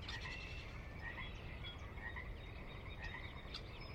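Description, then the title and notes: Pacific chorus frogs in a continuous chorus of raspy, pulsed croaks overlapping one another over a low rumble. Ever-present on the valley floor of Sinlahekin Valley, Washington, a glacier-carved valley in the Sinlahekin Wildlife Area near the Cascades' northeastern slope; a fixture of the Northwest soundscape; recorded at dusk. "Sinlahekin Valley dusk. the ever-present Pacific Chorus Frogs that are a fixture of the Northwest Soundscape"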